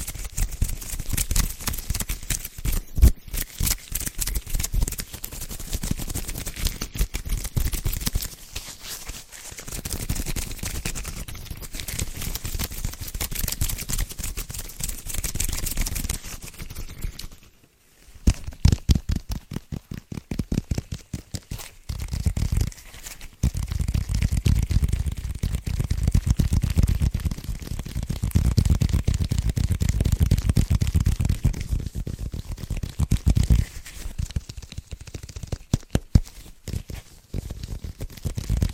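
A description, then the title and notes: Hand sounds: quick tapping and scratching on a surface, dense and uneven, with sharp clicks scattered through a soft rubbing texture. Near 18 seconds it goes almost silent briefly, then the scratching resumes, fuller and lower, with bursts of tapping. ASMR Biggest Trigger Assortment (Tapping, Scratching, Hand Sounds,…) No Talking.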